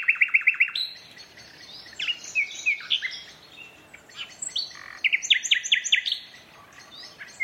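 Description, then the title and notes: Common nightingale opens with a fast series of identical repeated notes, then gives varied whistles, clicks and rattling bursts. Two male nightingales in competitive duet at dusk, dense thorn thicket in north Dorset countryside woodland, during the dusk chorus. "An astonishing nightingale duet in a Dorset woodland. In a dense thicket of thorn, a single nightingale starts to sing - drowning out the tractor mowing the year's first silage. Its performance attracts the attention of another male, who moves in closer and soon a competitive duet fills the night"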